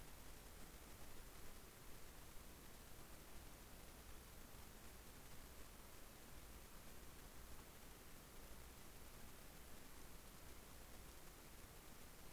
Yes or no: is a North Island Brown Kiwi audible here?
no